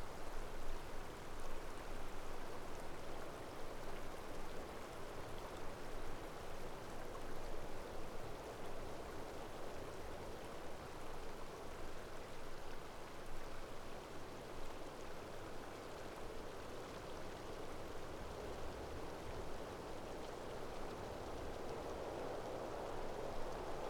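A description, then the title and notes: Atop a mountain, a steady, dense rushing sound like running water or light rain fills all 24 seconds, with no pauses. Its weight sits in the middle range with a softer hiss above, and the level stays even with no distinct events. On top of a mountain.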